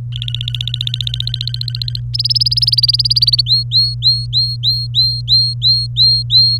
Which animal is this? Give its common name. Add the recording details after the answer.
Domestic Canary. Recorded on 24 April 2018 at 09:36. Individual llb3